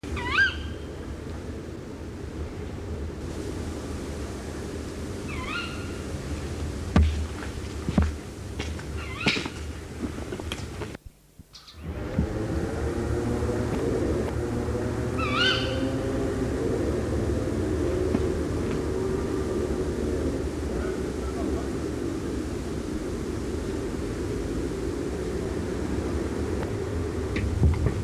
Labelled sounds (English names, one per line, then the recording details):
Tawny Owl call
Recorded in the wild
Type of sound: call
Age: adult
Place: Putbus, Insel Rügen, Mecklenburg-Vorpommern, DE
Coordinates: 54.3511, 13.4736
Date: 1979-06-27 22:30
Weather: 14°C
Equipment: ITT Schaub-Lorenz Studio Recorder 72, Verstärker, MD 421 HL, Reflektor, Kopie Uher 4200 Report
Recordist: Tembrock, Günter
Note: Rufe